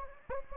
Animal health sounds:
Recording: mosquito wingbeat signal from an infrared sensor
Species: Anopheles gambiae

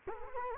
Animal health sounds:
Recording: mosquito wingbeat signal from an infrared sensor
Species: Culex quinquefasciatus

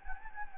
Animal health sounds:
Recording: mosquito wingbeat signal from an infrared sensor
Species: Anopheles gambiae

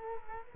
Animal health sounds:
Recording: mosquito wingbeat signal from an infrared sensor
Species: Culex quinquefasciatus

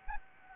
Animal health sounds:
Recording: mosquito wingbeat signal from an infrared sensor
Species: Anopheles gambiae

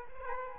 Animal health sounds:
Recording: mosquito wingbeat signal from an infrared sensor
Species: Aedes aegypti

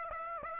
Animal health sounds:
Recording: mosquito wingbeat signal from an infrared sensor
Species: Aedes aegypti

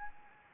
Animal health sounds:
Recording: mosquito wingbeat signal from an infrared sensor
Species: Anopheles arabiensis

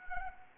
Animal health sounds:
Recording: mosquito wingbeat signal from an infrared sensor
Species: Anopheles arabiensis

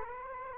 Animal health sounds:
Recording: mosquito wingbeat signal from an infrared sensor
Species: Culex quinquefasciatus

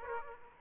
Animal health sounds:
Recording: mosquito wingbeat signal from an infrared sensor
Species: Aedes aegypti

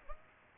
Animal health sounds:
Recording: mosquito wingbeat signal from an infrared sensor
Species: Aedes aegypti

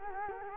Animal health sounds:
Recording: mosquito wingbeat signal from an infrared sensor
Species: Culex quinquefasciatus

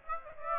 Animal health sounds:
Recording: mosquito wingbeat signal from an infrared sensor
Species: Aedes aegypti

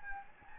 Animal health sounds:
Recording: mosquito wingbeat signal from an infrared sensor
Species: Anopheles gambiae

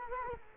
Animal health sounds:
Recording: mosquito wingbeat signal from an infrared sensor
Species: Culex quinquefasciatus

